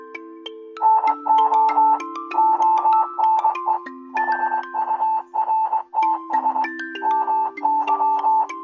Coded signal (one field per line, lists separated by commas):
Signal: Morse code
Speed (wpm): 20 wpm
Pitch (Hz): 880 Hz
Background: music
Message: NO ONE HURTS MY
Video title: The girl who speaks morse code (GLMM)